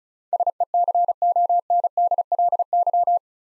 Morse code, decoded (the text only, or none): SECONDLY